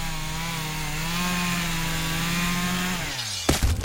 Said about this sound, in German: Heutzutage könnte es natürlich auch irgendein Irrer mit der Kettensäge sein.